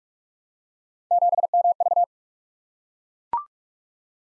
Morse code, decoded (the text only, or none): 7MV